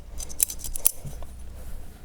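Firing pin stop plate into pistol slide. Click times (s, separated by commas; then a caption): 0.9 s. After a new extractor and firing pin are fitted, the firing pin stop plate of a Colt Government MK IV is pushed up into its slot in the steel pistol slide. A few short metallic ticks and light scraping come first, then a sharp, bright click at 0.9 s as the plate seats home.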